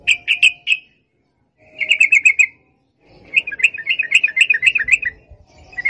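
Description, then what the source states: Yellow-vented bulbul song: lively bursts of rapid liquid chirps, the third the longest and most varied. Known locally as trucukan; long rapid song style (ropel panjang) used as a masteran tutor recording for songbirds.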